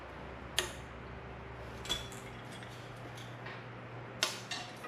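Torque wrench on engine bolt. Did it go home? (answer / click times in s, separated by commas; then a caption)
yes / 0.6 s, 4.2 s. A torque wrench tightens a part on the bottom end of a 2005 Chevy Corvette engine, most likely a bolt, just before the rear cover goes on. Sharp metallic clicks sound at 0.6 s and 4.2 s, with fainter ticks around 1.9 s and 4.5 s. The wrench clicks at its setting, and the part is torqued and good to go.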